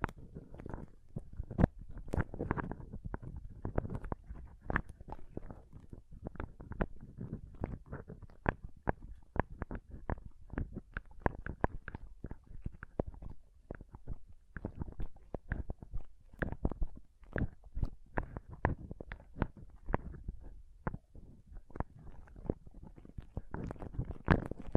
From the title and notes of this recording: ASMR Ultimate Pom Pom Tingles (No Talking).